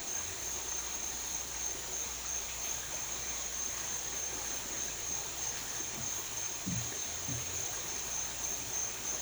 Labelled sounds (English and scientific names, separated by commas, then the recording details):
none
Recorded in dense forest near Puerto Asís, Putumayo, Colombia, on 20 December 2024 at 07:30
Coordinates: 0.467, -76.328
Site GP05